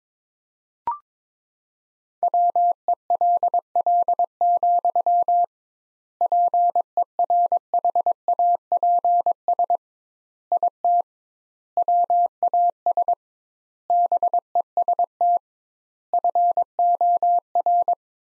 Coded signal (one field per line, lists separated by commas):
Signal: Morse code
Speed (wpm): 22 wpm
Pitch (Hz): 700 Hz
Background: none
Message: WELL, PERHAPS IT WAS BEST FOR